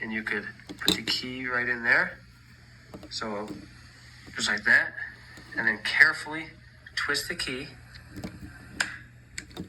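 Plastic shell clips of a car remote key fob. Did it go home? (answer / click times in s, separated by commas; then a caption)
released / 8.8 s. Someone talks while the mechanical key of a Honda Odyssey keyless remote is inserted into the slot of the plastic remote fob and twisted as a lever against the shell clips. A sharp pop at 8.8 s marks the clips releasing and the plastic shell popping open, followed by a few small clicks.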